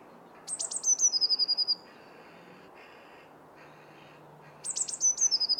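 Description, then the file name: Eurasian blue tit song, two phrases each opening with a few sharp high notes and ending in a fast descending trill of thin tinkling notes, with faint background noise. "Cyanistes caeruleus"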